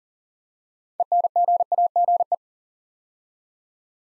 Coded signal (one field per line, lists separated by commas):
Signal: Morse code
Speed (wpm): 38 wpm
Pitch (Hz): 700 Hz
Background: none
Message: ENGAGE